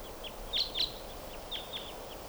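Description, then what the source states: Crossbill calls: a loose series of short, high chip notes, two louder ones close together, then fainter repeats, over steady background noise. Type 2 call type; several type 2 birds returning; many crossbills in the area; in a gully.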